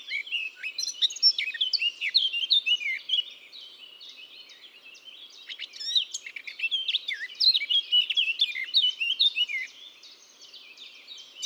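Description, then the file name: Eurasian blackcap singing a dense, scratchy warble of quick varied notes, pausing briefly midway before resuming with more mixed chirps and whistles. "Sylvia atricapilla"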